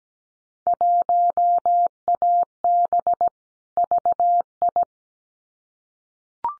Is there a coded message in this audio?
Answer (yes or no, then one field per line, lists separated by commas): yes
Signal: Morse code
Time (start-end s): 0.7-4.8 s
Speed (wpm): 17 wpm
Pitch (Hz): 700 Hz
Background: none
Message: 1AB VI